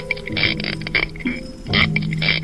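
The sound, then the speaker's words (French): A spiny lobster (Palinuridae) rasping: a few harsh, buzzy creaking bursts at irregular intervals, fairly loud, with a grating high-pitched edge and no voices. “Pas si bête, une chronique sur le monde sonore animal. Aujourd'hui, la langouste.”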